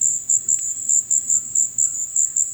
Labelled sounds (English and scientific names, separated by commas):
White-throated Toucan (Ramphastos tucanus)